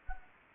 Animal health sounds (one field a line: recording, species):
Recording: mosquito wingbeat signal from an infrared sensor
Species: Anopheles gambiae